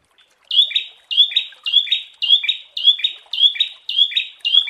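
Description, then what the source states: Prinia song, a bright two-part chirp that drops slightly, repeated steadily about twice a second for the whole stretch. Long-duration Indonesian 'masteran' therapy recording of the prenjak, made for training songbirds.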